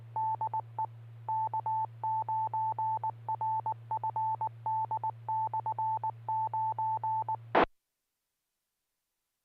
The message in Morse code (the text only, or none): DE K9RFD/9E